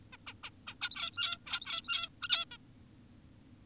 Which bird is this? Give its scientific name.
Taeniopygia guttata